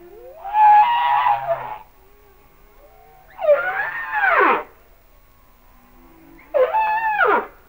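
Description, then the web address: Humpback whale song: three drawn-out harmonic cries, the middle one arching up and down, separated by quiet gaps with faint low tones. "Whale Songs Sounds of Nature - Humpback Whales"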